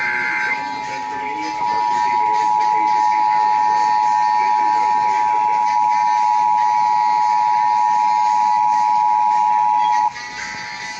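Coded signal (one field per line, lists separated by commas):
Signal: Emergency Alert System (SAME) tones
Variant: 853 and 960 Hz attention tone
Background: speech, music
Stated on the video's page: Real Pennsylvania statewide Required Monthly Test, received from FM radio, cable box, streaming on PC, an EAS relay and TV stations.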